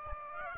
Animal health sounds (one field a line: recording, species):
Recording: mosquito wingbeat signal from an infrared sensor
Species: Aedes aegypti